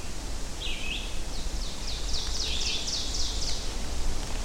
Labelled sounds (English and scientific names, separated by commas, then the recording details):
Ovenbird (Seiurus aurocapilla) song
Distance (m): 45 m
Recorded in boreal forest in Alberta, Canada, on 24 June 2016 at 06:25
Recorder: SongMeter 3, array SBT-6-76
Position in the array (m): 220 m, 94 m
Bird 3